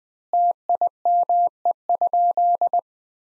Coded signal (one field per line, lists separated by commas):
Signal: Morse code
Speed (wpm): 20 wpm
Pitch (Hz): 700 Hz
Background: none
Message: TIME?